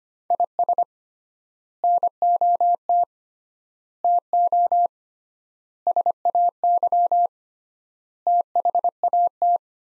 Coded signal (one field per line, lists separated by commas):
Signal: Morse code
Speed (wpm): 25 wpm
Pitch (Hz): 700 Hz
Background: none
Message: IS NOT TO SAY THAT